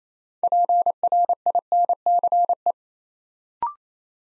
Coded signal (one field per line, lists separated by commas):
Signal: Morse code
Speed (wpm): 29 wpm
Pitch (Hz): 700 Hz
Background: none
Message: PRINCE